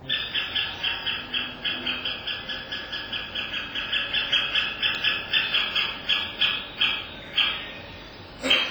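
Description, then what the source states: Great Spotted Woodpecker nestlings giving sharp, high, rasping begging calls, repeated steadily many times, ending with a brief extra noise. Nestlings about a week before fledging, calling so much that predators might find them; probably very hungry.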